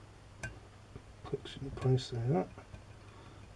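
During the rebuild of a vintage breast or hand drill (one of a Stanley No. 733, Stanley No. 101, Venusberg breast drill or a foreign hand drill), a metal mechanism part, likely a ratchet or selector piece, is pushed into position in the drill body. It gives a sharp metallic click at 0.4 s, followed by a fainter tick at 1.3 s, while someone talks. The part is seated and clicked in place.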